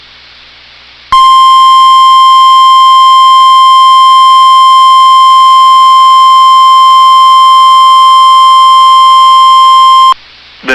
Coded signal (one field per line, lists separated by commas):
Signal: Emergency Alert System (SAME) tones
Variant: 1050 Hz attention tone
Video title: [EAS Compilation] Severe Thunderstorm Warnings With 80 mph Wind Gusts on NOAA Weather Radio WXM99